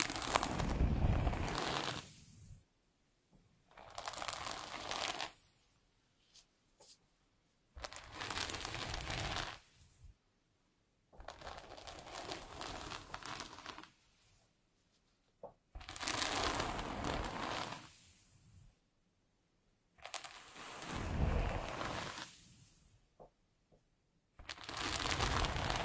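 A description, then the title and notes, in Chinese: Gentle hair combing in slow separate strokes. Each soft, rustling brush lasts two or three seconds and is followed by a moment of near silence, repeating about every four to five seconds in an even rhythm. 温温柔柔梳头发。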